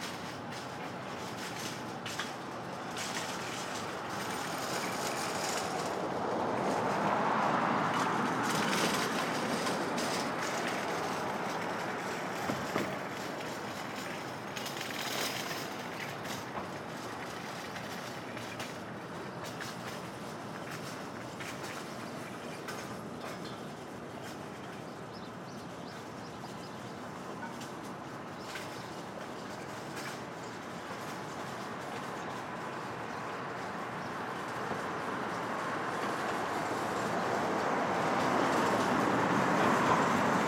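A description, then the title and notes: Street traffic at dawn: a steady wash of passing vehicles, swelling around eight seconds and again near the end, with scattered clicks and knocks. Brooklyn Dawn, 4 - 17 - 20, Street Traffic II.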